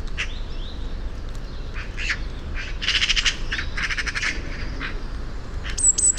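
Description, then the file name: Eurasian magpie giving two short harsh rattling bursts near the middle, among scattered clicks, thin whistles and a steady low rumble. "Pica pica"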